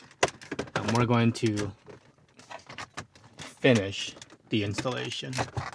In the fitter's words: I'm going to snap this back into its location